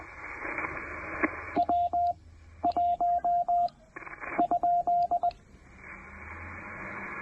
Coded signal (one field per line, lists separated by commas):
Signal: Morse code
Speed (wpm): 16 wpm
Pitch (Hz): 700 Hz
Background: radio noise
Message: W1 ?